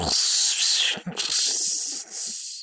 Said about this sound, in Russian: Это была не столько речь, сколько... шипение выходящего пара.